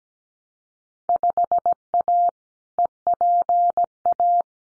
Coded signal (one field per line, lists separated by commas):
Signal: Morse code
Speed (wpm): 17 wpm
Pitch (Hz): 700 Hz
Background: none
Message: 5A EPA